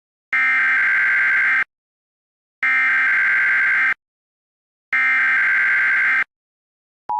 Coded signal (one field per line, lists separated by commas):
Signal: Emergency Alert System (SAME) tones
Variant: header bursts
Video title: EAS Classic; Rhino Attack EAS (Original)